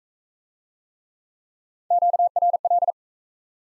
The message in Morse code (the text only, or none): QRL